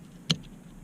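An orange plastic locking clip on the fuel return-line quick connector of the engine-mounted diesel fuel filter housing on a 2017-or-newer Ford Super Duty is lifted up to unlock it. A single sharp, short snap sounds at 0.3 s as the clip slides up and releases, followed by a much fainter tick at 0.5 s, over a low background hum.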